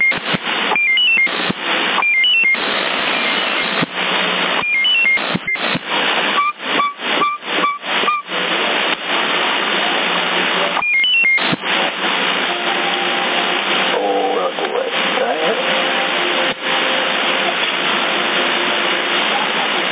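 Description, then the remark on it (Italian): A CB radio operator's transmission beeps in Sassari, sent with a weak signal: short, high electronic tone bursts and a quick run of evenly spaced lower pips, heard over a steady band-limited radio hiss. “Eri tu, era il tuo bip, ma il segnale era basso, era tipo 8.”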